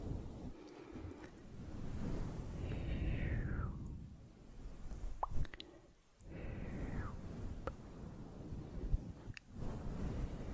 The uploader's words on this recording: ASMR Close Up Soft & Slow Mouth Sounds, Fluffy Mic, Camera Brushing.